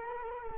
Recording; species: mosquito wingbeat signal from an infrared sensor; Culex quinquefasciatus